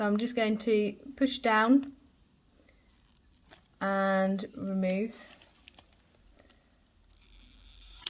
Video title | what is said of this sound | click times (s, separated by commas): ANTT video | and pull it out you hear that click | 8.1 s